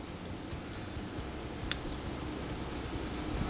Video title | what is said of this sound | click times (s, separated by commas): Reolink RLC-510 WA Install – Part 1 | So all we have to do is insert the card, make sure it clicks in right. | 1.7 s